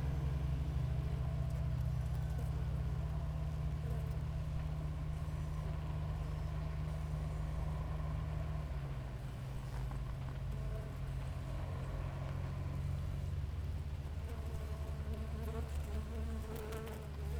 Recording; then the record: honeybee colony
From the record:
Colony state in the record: active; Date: 28 July 2017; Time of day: 6:02